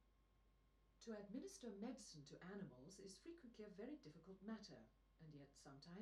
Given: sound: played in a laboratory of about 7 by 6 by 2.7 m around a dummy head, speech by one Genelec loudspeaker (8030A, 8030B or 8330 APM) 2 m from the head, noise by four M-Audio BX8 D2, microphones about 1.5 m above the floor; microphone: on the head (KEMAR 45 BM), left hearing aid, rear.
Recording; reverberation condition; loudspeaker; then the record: female speech in English; low; 120 degrees to the right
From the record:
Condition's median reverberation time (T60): about 310 ms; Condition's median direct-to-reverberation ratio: about 3.5 dB